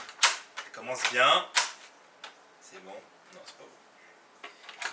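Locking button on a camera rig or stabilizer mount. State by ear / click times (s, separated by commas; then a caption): partly seated / 4.4 s, 4.7 s. Someone talks while setting up camera gear and presses the locking button on a camera rig or stabilizer mount, giving two light clicks at 4.4 and 4.7 s, with other short taps earlier. The button is not fully engaged, and something is still left under pressure.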